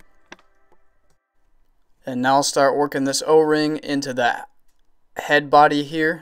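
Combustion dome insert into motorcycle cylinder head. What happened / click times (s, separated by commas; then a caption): The metal insert seated in its housing / 0.3 s. An aftermarket combustion dome insert fitted with an o-ring is pressed into the billet cylinder head body of a two-stroke motorcycle engine, giving a single sharp hit at 0.3 s as the dome pops into the head. Quieter small knocks follow before someone talks, and the dome ends up seated.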